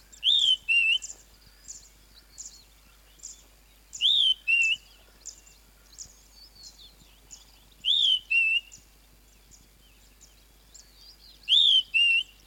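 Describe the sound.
Flappet lark repeating a brief two-part whistle, a high arched note then a lower slurred one, about every four seconds, with soft chirping of other birds behind.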